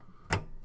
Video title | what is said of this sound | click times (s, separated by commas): Montage d'un ordinateur - Connexion des câbles d'alimentation internes | you hear it click into place | 0.3 s